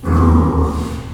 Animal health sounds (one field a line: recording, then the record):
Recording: squeal of a Yucatan mini pig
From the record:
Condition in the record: after surgery on the right vocal fold (resection and tissue-engineered implant)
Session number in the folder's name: 15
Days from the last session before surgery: 175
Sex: female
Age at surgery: 19 weeks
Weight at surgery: 25 kg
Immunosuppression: prednisolone